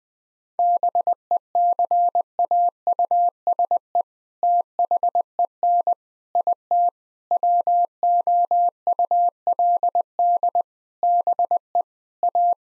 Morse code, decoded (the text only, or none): BECAUSE THEN IT WOULD BE A